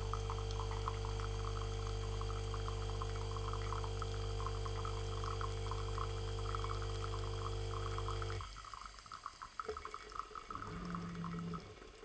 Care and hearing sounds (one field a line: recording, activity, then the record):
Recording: daily activity, microphone in the room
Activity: make coffee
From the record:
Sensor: 4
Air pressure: 1015.5 hPa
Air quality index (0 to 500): 190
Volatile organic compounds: 9 ppm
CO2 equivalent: 2126 ppm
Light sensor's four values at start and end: 5/10/4/3 and 5/10/4/3